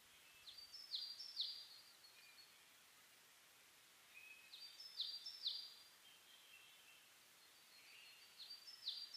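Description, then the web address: Bird song arrives in three short bursts of high, sharply falling notes and brief trills, each about four seconds apart, with soft hiss between. Dawn chorus of birds on 10 May 2010 at 04:01 (reimei, dawn; saezuri, bird chirping); DH-D50 device. "2010 reimei DH-D 50-saezuri-20100510-0401"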